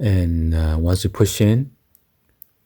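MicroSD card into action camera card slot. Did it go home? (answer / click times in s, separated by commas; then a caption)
yes / 2.4 s. Someone talks for about the first 1.7 seconds while a microSD memory card is pushed into the card slot of a GoPro Hero 7 Black Edition action camera. After a faint tick near 2.0 s, a sharp, short click at 2.4 s marks the card latching and locking into place in the slot.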